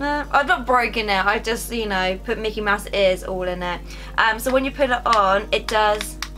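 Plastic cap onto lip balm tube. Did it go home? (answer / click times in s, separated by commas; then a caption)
no / none. A plastic cap is handled over a Mickey Mouse lip balm tube while someone talks throughout. Nothing has seated or clicked yet.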